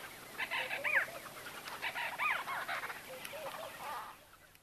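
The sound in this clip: White-fronted bee-eater giving soft, rolling calls with a few clearer rising-falling notes, the chatter fading toward the end.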